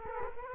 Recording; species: mosquito wingbeat signal from an infrared sensor; Culex quinquefasciatus